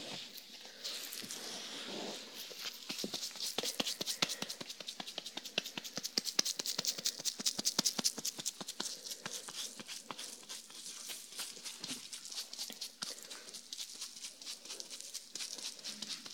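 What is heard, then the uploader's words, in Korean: Hair brushing and scalp massage with shampoo make a dense run of quick bristly strokes and crackles, busiest mid-clip, then easing off. 토탈케어 F코스 ASMR (샴푸, 스킨케어, 두피마사지, 헤어브러싱).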